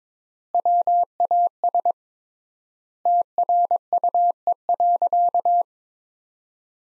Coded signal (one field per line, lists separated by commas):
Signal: Morse code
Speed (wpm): 22 wpm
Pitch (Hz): 700 Hz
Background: none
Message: WAS TRUE.